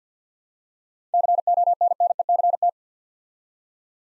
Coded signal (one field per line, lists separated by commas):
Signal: Morse code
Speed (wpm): 48 wpm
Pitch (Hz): 700 Hz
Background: none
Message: CONNECT